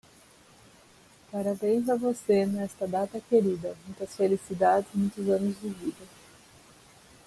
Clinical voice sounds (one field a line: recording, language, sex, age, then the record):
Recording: short text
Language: Brazilian Portuguese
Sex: female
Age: 30 to 39 years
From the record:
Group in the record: control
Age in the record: 34 years